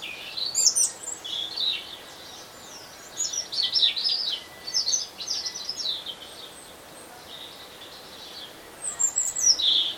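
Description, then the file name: European robin singing sweet, high tinkling phrases that rise and fall, sung in bursts with a quiet gap midway, against faint steady hiss. "Erithacus rubecula"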